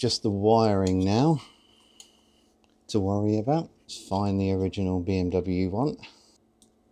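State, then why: Seated. Someone talks while the original BMW horn wiring plug on a BMW R1300GS motorcycle is pushed onto the connector of a new aftermarket Denali SoundBomb Mini horn. A few faint ticks come in the quiet gap, then a sharp click at 6.6 s as the plug latches and seats in place.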